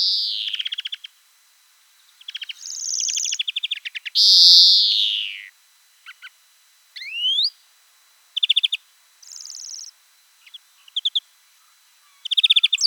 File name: Chloris chloris